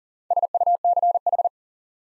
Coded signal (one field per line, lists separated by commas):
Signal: Morse code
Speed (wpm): 40 wpm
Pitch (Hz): 700 Hz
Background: none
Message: SUCH